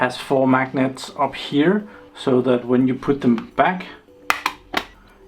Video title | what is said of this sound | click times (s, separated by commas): Saving Good Components, from Trash Electronics - 823 | it will click into place so we have a blue screwdriver kit here | 4.3 s